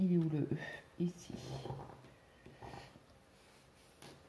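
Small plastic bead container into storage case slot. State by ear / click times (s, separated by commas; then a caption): seated / 4.0 s. A small plastic diamond-painting bead container that had not been clipped in properly is pressed back into its slot in a storage case. Someone talks, then the container snaps into place with a short click at 4.0 s, and it is seated.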